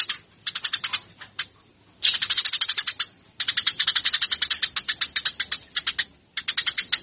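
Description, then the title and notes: Eurasian tree sparrow uttering short bursts, then longer runs of quick, grating chirps, stopping and restarting several times. Fighting call, used for training birds. "MASTER GEREJA TARUNG. burung gereja"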